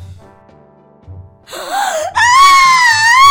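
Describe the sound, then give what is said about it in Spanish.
After a second and a half of near silence, a person lets out an acted scream, as directed, while turning around: a wavering cry that breaks into a loud, high, sustained shriek with a slightly quivering pitch. “Y ya un buen grito, te das la vuelta”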